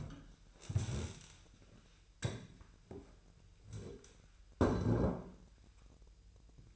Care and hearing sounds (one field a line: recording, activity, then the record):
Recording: daily activity, microphone in the room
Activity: stand up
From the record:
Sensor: 2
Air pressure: 1001.8 hPa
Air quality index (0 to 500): 237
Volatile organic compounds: 69 ppm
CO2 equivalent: 3510 ppm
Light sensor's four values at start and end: 8/19/8/9 and 7/16/7/7